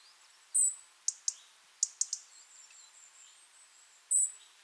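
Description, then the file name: European robin giving short, high, thin notes and a scattering of sharp ticks, some doubled or tripled, with quiet faint chirps in the background. "Erithacus rubecula"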